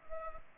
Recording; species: mosquito wingbeat signal from an infrared sensor; Culex pipiens